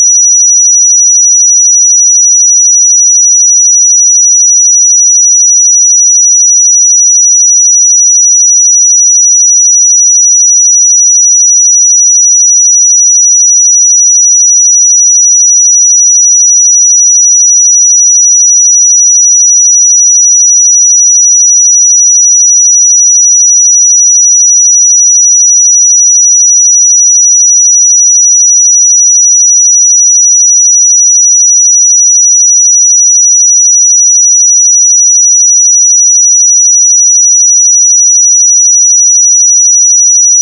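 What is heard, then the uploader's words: A pure 5856 Hz sine tone holds perfectly steady for the full forty seconds, bright and thin, with no background sound. 5856 Hz 1 Hz Interval Sine Pure Tone Frequency 441000 Sample Mono.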